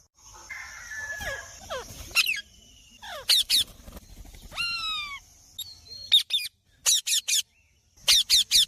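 Bird calls: descending whistled slurs and a falling harmonic note, followed by groups of two or three sharp scratchy chips.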